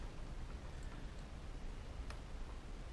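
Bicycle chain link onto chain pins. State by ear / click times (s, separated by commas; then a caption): not seated / none. A bicycle chain link is pressed onto the chain pins by hand to join the chain, over a steady broadband hiss with a brief sharp tick at about 2.1 s. The link is still being handled at the end and nothing has seated or clicked yet.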